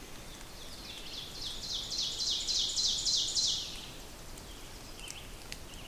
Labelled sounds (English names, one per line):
Ovenbird song